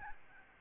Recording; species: mosquito wingbeat signal from an infrared sensor; Aedes albopictus